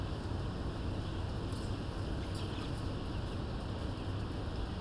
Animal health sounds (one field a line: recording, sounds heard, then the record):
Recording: poultry house recording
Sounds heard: healthy chickens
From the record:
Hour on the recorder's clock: 19